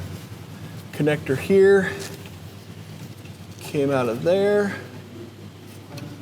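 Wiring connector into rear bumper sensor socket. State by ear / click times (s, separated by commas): seated / 6.0 s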